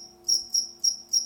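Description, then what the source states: Cricket chirping: four quick, sharp high chirps evenly spaced, with a faint low drone in the background. A single cricket.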